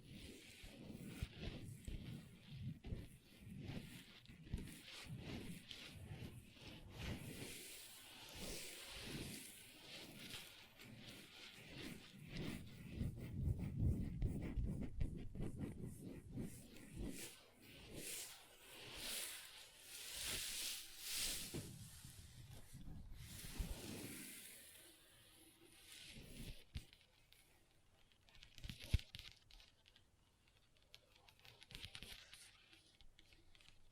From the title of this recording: Table Tapping & Scratching with Long Nails